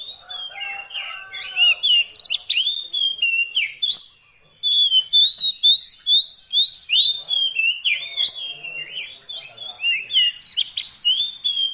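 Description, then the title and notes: Oriental magpie-robin singing continuous varied whistles, slurred and rising notes, with one short silence partway through. Long-duration fill-in (isian) song meant to make a magpie-robin sing actively day and night. "Kacer Jadi Gacor Siang Malam. Isian Kacer Durasi Panjang"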